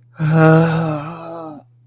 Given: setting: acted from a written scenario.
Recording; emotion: vocal sound without words; ecstasy